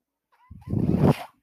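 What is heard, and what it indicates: A faint tone is followed by a single low, rumbling, buzzy whoosh lasting under a second, which swells and then fades. It is the mechanical sound of a home ventilator delivering a breath cycle.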